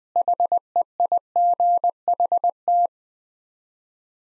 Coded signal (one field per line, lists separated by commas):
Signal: Morse code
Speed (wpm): 20 wpm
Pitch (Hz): 700 Hz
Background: none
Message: HEIGHT